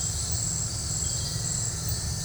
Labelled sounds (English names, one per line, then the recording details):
none
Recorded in dense forest near Puerto Asís, Putumayo, Colombia, on 20 December 2024 at 18:00
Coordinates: 0.468, -76.322
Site G071